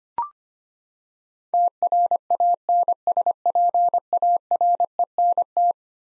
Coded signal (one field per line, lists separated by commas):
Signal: Morse code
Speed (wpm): 25 wpm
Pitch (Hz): 700 Hz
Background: none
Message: TRANSPARENT